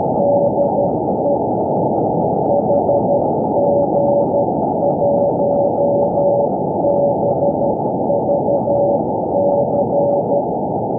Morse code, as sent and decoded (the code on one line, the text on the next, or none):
-.. . / .... --. .---- -... ...- -.-.
DE HG1BVC